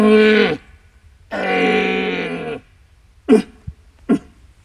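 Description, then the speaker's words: Red deer roaring: two long, deep, harsh groaning roars, the second longer, then a few short grunting bursts after a pause. A second stag answering from the opposite side during the rut, after a hunter's imitated stag call. "Odezwał się także drugi byk z przeciwnej strony."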